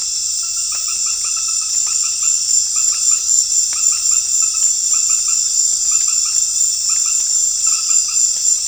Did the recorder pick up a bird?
no